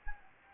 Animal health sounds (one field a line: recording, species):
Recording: mosquito wingbeat signal from an infrared sensor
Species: Anopheles gambiae